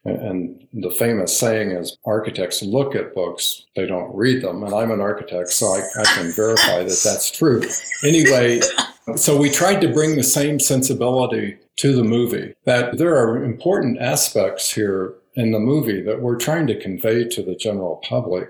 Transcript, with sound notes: And the famous saying is ‘architects look at books, they don’t read them’. And I’m an architect, so I can verify that that’s true. (laughs).
Anyway, so we tried to bring the same sensibility to the movie, that there are important aspects here in the movie that we’re trying to convey to the general public.